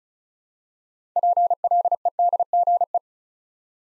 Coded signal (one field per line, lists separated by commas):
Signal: Morse code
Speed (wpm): 36 wpm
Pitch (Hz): 700 Hz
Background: none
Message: PLEDGE